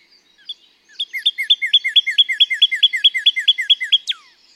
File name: Northern Cardinal